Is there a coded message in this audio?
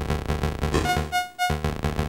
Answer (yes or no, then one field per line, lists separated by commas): no